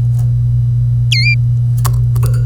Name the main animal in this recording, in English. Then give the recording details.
Domestic Canary. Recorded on 25 April 2018 at 09:16. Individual llb3